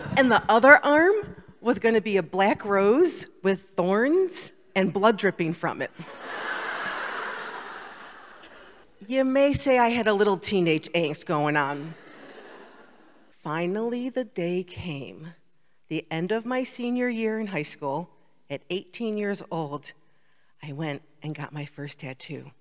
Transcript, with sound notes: And the other arm was going to be a black rose with thorns and blood dripping from it. (laughter) You may say I had a little teenage angst going on. Finally, the day came, the end of my senior year in high school, at 18 years old, I went and got my first tattoo.